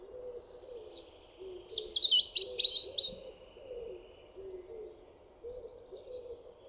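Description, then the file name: European robin song: a bright cascade of high, quickly changing notes lasting about two seconds, with a low repeated sound in the background. "Erithacus rubecula"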